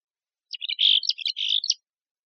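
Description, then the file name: Mexican Chickadee giving one rapid call of short high notes running into buzzy, scratchy dee notes, on a quiet background. "MECH Deviche"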